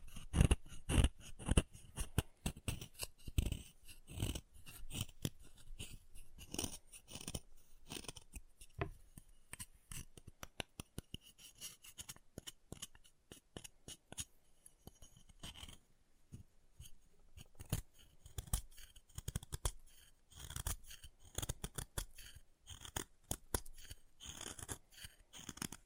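Chalk being carved and cut with a blade, in dense runs of short, dry scraping clicks and snips that continue for the whole clip. The strokes come in quick irregular bursts, loudest in the first two seconds, with brief quieter gaps between clusters.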